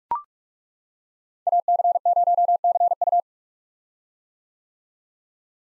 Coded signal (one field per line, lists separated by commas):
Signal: Morse code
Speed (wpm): 41 wpm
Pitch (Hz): 700 Hz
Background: none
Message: AC0CU